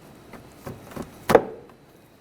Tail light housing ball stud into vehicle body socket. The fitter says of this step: you'll feel it and hear it pop into place let's install our two screws